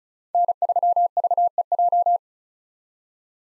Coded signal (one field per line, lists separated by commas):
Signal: Morse code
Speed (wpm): 34 wpm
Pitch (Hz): 700 Hz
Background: none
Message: N3VEJ